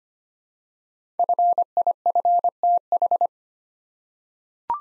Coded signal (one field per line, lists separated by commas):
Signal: Morse code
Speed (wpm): 25 wpm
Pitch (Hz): 700 Hz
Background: none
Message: FIFTH